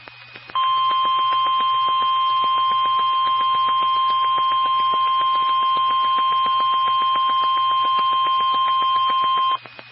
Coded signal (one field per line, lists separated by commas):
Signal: Emergency Alert System (SAME) tones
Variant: 1050 Hz attention tone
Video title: EAS 2175-2183 (3/2 & 3/3/23)